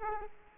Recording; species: mosquito wingbeat signal from an infrared sensor; Culex quinquefasciatus